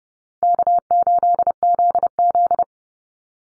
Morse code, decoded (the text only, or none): K8ZZ